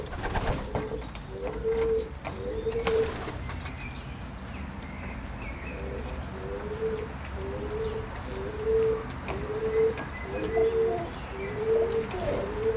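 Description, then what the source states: Pigeon cooing, soft low throaty coos in a repeated series, a short burst early and then a steady run of about one coo per second, with faint clicks and background rumble. Recorded in Berlin, Germany, in 2022.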